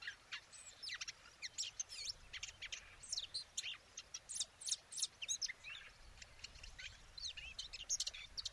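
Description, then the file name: Eurasian blackcap giving busy high chirps and short twittering notes in quick bursts, pausing briefly between runs, with a faint low background hiss. "Sylvia atricapilla"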